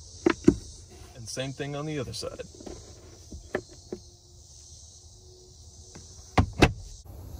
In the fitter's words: once you feel it go in you should be able to twist it until you hear a little click and